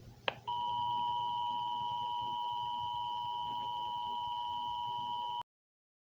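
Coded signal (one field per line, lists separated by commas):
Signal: Emergency Alert System (SAME) tones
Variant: 853 and 960 Hz attention tone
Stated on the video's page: Fictional EAS scenario, not a real alert.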